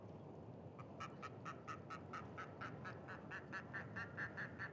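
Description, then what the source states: Duck calls: a steady, rapid run of short nasal notes, rising slightly in pitch as the series goes on, over a low rumbling background. Ducks with unusual calls on a pond next to a site with gory scarecrow scenes; recorded with a Sonosax SXM2D2, an iPhone and MS MKH30/40 microphones in a Cinela PIA2.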